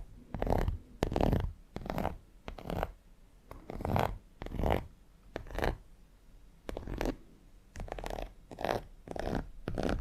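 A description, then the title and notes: Fingernails scratch across textured leather in short, rasping strokes, roughly one or two per second with brief pauses between. Each stroke is crisp, carrying a dry, gritty hiss over a soft low rub, against an otherwise quiet background. TimASMR-Needle Fingers & Textured Leather Scratching (NO TALKING).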